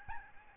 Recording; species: mosquito wingbeat signal from an infrared sensor; Aedes albopictus